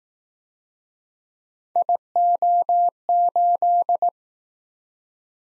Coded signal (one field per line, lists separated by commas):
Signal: Morse code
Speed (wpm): 19 wpm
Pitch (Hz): 700 Hz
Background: none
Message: IO8